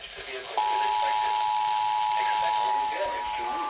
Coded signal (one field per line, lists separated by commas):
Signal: Emergency Alert System (SAME) tones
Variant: 853 and 960 Hz attention tone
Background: speech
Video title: 420 - EAS Alerts from 04/20/2023 (EAS #893-940)